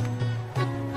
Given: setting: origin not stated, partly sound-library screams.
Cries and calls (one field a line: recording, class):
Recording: one-second piece from a danger detection set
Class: normal situation